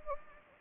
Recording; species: mosquito wingbeat signal from an infrared sensor; Anopheles gambiae